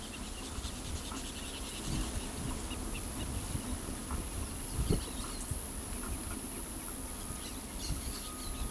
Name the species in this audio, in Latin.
Vanellus chilensis